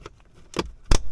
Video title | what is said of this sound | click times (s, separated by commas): 5th Gen 4Runner Cabin Air Filter replacement | like that make sure it clicks and | 0.9 s